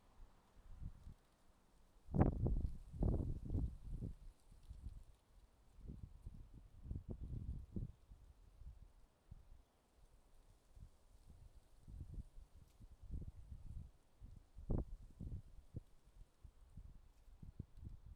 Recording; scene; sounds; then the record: everyday scene through a hearing-aid microphone; wind on the microphone; wind, traffic, birds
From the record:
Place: suburban garden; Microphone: in the ear canal, left